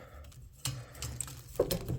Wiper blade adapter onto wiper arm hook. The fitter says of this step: that's it it clicks right into place so now I could lay it down and